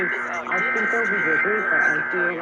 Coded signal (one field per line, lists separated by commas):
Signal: Emergency Alert System (SAME) tones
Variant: header bursts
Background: speech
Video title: [EAS #1563-#1584] A Night of Required Monthly Tests